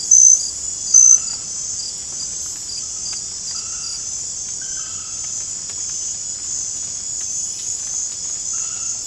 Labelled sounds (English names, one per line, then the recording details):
none
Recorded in dense forest near Puerto Asís, Putumayo, Colombia, on 22 December 2024 at 21:00
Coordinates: 0.481, -76.323
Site G100